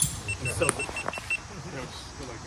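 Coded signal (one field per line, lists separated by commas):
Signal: none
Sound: a wristwatch's beeps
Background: speech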